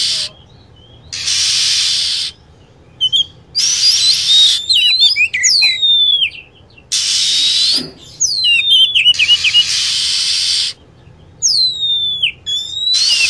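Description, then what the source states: Lovebird calls: blocks of harsh, hissing screech alternate with sharp whistled notes that sweep and slide, mostly falling, separated by brief silent gaps. Recording used as a lure sound to attract birds.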